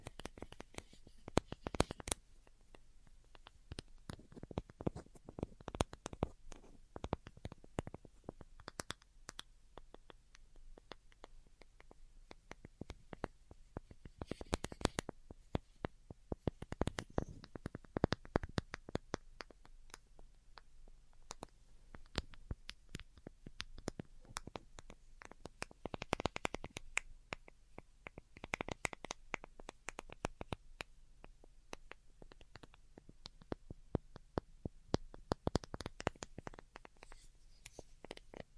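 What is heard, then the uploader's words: Light, delicate tapping runs through the whole clip in quick, uneven bursts of crisp clicks, some bunched into rapid flurries and others spaced apart. The taps are sharp and bright with a soft low hum underneath, and clusters grow busier around the middle and near the end. ASMR DELICATE Tapping for Sleep (No Talking).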